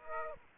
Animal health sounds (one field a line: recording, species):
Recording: mosquito wingbeat signal from an infrared sensor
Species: Aedes aegypti